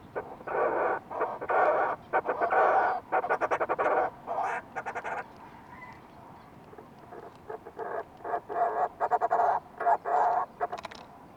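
Fulmar prion calls: loud, harsh pulsed chattering in long rhythmic bursts, pausing briefly midway before another run of grating croaks resumes.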